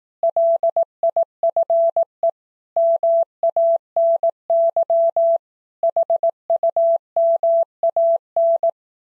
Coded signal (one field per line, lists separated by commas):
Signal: Morse code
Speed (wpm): 18 wpm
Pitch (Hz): 670 Hz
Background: none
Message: LIFE MANY HUMAN